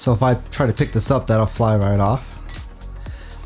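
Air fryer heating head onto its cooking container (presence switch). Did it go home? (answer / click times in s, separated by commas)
no / none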